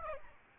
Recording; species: mosquito wingbeat signal from an infrared sensor; Aedes albopictus